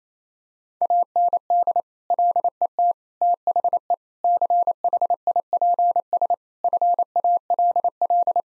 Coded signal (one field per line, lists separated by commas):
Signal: Morse code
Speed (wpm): 28 wpm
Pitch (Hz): 700 Hz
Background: none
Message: AND LET THE CHIPS FALL